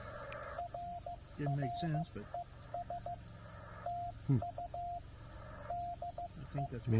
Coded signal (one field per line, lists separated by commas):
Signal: Morse code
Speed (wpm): 15 wpm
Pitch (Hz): 700 Hz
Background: speech, radio noise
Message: RRES TU DE